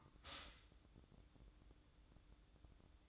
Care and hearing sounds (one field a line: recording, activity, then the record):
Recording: daily activity, microphone in the room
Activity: stop toaster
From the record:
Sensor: 3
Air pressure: 1007.2 hPa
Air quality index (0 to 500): 56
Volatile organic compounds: 1 ppm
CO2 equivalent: 597 ppm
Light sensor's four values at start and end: 8/18/7/7 and 8/18/7/7